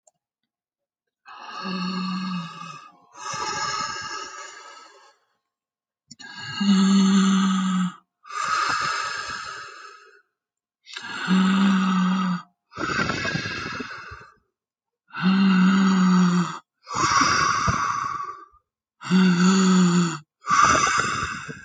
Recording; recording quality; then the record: deep breathing; excellent, no background noise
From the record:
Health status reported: healthy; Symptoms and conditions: asthma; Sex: male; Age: 34 years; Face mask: not worn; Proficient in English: yes